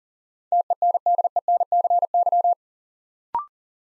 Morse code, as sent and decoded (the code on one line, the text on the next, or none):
- . -. -.. . -. -.-. -.--
TENDENCY